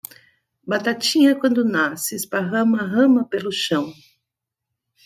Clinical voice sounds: short text; Brazilian Portuguese; female; 50 to 59 years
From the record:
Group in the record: control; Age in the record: 58 years

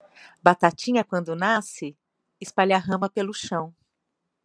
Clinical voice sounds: short text; Brazilian Portuguese; female; 50 to 59 years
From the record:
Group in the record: control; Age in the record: 59 years

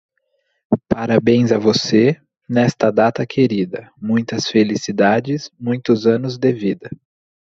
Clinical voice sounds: short text; Brazilian Portuguese; male; 20 to 29 years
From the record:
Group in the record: control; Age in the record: 26 years

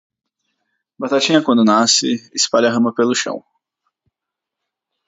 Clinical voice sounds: short text; Brazilian Portuguese; male; 20 to 29 years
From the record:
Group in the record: control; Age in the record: 26 years

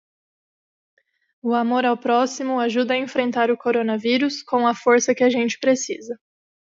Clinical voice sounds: spoken sentence; Brazilian Portuguese; female; 20 to 29 years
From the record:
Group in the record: control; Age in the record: 26 years

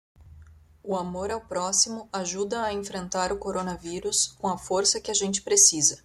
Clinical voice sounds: spoken sentence; Brazilian Portuguese; female; 30 to 39 years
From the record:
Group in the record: control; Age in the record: 31 years

